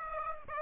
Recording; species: mosquito wingbeat signal from an infrared sensor; Aedes aegypti